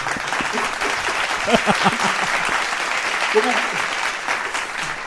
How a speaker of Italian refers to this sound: E Domenico, ti meriti anche un applauso e lo mettiamo subito. Bravo, Domenico.